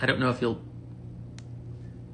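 Someone talks briefly. Then the hinged 18 karat gold back of a diamond huggie earring is flipped up over the post, which passes through it, and it snaps shut with a faint, sharp click at 1.4 s. The back is closed and secure.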